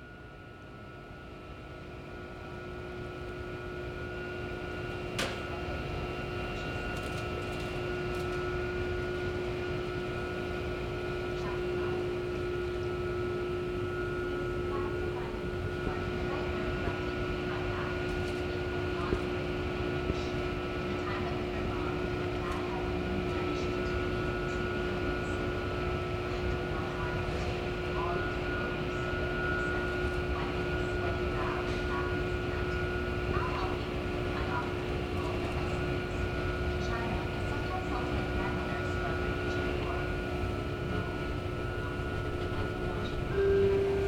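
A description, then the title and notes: A steady engine drone fills a ferry crossing Elliott Bay, a low rumble with fixed humming tones riding on top that hold level throughout. Faint voices and scattered clicks or knocks come through now and then, and the sound swells slightly over the first few seconds. Ferry Crossing Elliott Bay. I spent the month of January in Seattle. We got up early one morning and caught the ferry from Seattle to Bainbridge Island.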